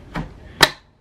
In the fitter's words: it snaps in place.